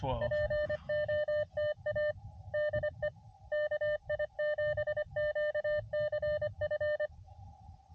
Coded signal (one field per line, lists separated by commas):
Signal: Morse code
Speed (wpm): 25 wpm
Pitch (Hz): 600 Hz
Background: speech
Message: POTA DE KI7QCF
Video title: ATNO CW POTA